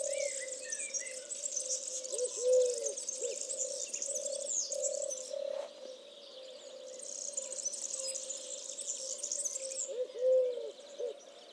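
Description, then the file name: Eurasian collared dove giving two brief three-note coo phrases, one near the start and one near the end, under loud shrill insect buzzing and a steady low drone. "touterelle turque"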